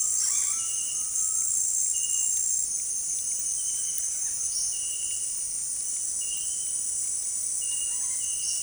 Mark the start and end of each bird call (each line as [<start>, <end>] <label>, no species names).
[0.00, 1.57] bird call
[2.05, 2.39] bird call
[3.75, 4.70] bird call
[7.67, 8.63] bird call